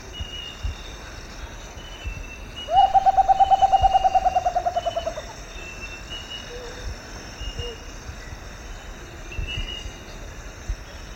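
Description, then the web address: Rufous potoo delivers a single descending series of rapid soft hoots lasting about two and a half seconds, while insects chirp and buzz steadily around it. Eastern lowlands of South America. "Natures Songs S America Eastern Lowlands. Rufous Potoo"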